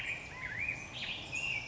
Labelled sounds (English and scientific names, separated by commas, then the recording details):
Black-headed Grosbeak (Pheucticus melanocephalus)
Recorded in Sonoma County, California